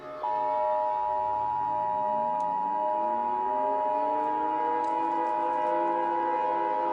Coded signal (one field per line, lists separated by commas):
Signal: Emergency Alert System (SAME) tones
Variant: 853 and 960 Hz attention tone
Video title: EAS Short Scenario 65 : The War Moon